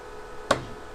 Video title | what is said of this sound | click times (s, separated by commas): Full Walnut Resaw | you open this it doesn't release right away you have to move it until you hear a click there | 0.5 s